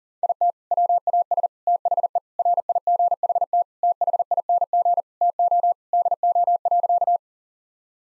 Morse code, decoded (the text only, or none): IT WAS THE RIGHT THING TO DO.